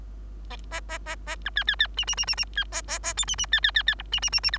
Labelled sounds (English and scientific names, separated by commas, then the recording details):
Bengalese Finch (Lonchura striata domestica) song
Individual Bird3